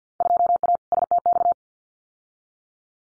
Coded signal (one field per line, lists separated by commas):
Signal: Morse code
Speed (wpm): 50 wpm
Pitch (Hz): 700 Hz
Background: none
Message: 2A STX